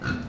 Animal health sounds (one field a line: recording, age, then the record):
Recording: pig call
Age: growing-finishing pig (85 days or more)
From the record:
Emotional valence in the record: positive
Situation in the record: run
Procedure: transit